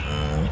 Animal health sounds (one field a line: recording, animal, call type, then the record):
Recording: contact call of a hoofed animal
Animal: cattle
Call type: low-frequency (closed-mouth) or high-frequency (open-mouth) call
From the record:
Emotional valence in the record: negative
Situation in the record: full separation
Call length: 0.52 s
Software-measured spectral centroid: 2070 Hz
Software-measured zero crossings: 1420 a second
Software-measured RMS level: -24 dBFS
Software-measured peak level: -13 dBFS